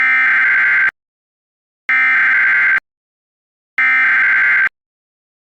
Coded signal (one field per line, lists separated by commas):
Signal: Emergency Alert System (SAME) tones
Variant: header bursts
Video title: EAS Scenario Delay Announcement